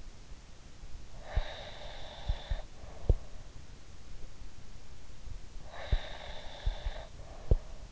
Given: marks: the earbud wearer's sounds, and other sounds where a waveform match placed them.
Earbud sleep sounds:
sounds in sleep by an in-ear microphone; breath
1.21-3.29 s: breath
5.72-7.92 s: breath

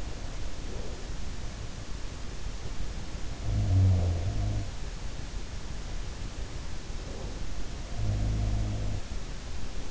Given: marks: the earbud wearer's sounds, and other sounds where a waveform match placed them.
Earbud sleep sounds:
sounds in sleep by an in-ear microphone; breath
0.00-1.16 s: breath
3.32-4.84 s: sound from someone else or the room
7.01-9.14 s: sound from someone else or the room

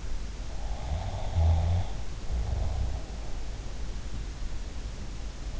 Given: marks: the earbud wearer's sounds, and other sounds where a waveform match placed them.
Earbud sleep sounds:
sounds in sleep by an in-ear microphone; snoring breath
0.54-3.17 s: snoring breath

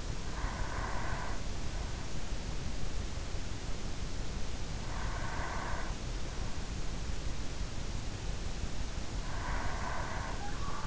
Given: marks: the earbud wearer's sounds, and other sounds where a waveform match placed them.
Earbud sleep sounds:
sounds in sleep by an in-ear microphone; breath
0.00-1.64 s: breath
4.61-6.50 s: breath
8.67-10.87 s: breath

